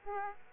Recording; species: mosquito wingbeat signal from an infrared sensor; Aedes aegypti